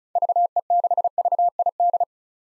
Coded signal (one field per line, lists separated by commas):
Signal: Morse code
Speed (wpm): 36 wpm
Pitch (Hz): 700 Hz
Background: none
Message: VE6VID